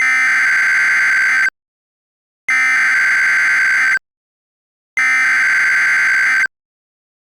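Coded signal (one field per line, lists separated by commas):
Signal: Emergency Alert System (SAME) tones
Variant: header bursts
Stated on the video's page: Recreation of an EAS flash flood warning for north central and central Missouri, requested by the National Weather Service.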